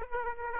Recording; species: mosquito wingbeat signal from an infrared sensor; Aedes aegypti